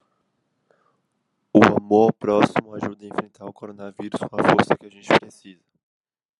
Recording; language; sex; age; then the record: spoken sentence; Brazilian Portuguese; male; 20 to 29 years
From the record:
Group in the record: control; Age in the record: 21 years